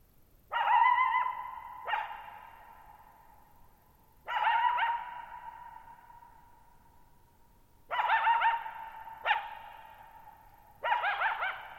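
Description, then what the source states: Coyote barking in several bursts of wavering, yip-like barks, some in quick pairs, each leaving a long echo that carries on in near silence. Lone coyote at night, July 14, 2019, Thirtymile Meadows, Okanogan National Forest, Okanogan High Country, Pacific Northwest; 6400 ft (1950 m) shallow bowl-shaped meadow on a high dry plateau, boggy ground.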